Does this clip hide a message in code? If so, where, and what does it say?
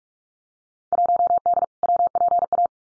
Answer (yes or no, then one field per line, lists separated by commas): yes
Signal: Morse code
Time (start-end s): 0.9-2.7 s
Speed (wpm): 46 wpm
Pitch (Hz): 700 Hz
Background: none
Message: 1D WPA